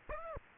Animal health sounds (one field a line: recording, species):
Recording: mosquito wingbeat signal from an infrared sensor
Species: Aedes aegypti